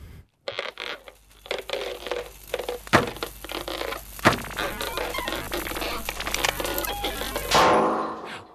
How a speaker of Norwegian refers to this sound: Det lyden av en gammel garasjeport som blir åpnet sakte I regnet av en som stamper I hjørnet.